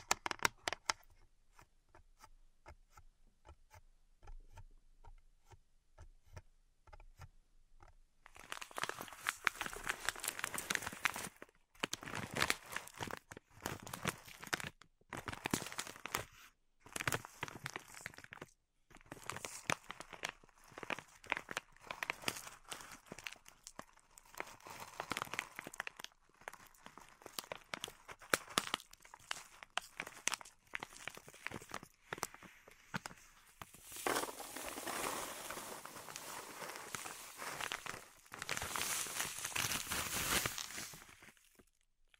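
Pink salt zen garden sounds: sparse ticks for eight seconds, then dense crunchy, crackling scraping in uneven bursts, with a long hissing rush near the end.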